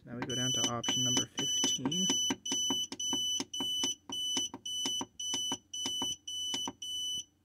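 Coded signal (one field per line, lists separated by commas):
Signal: none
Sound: inverter's warning beeps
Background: speech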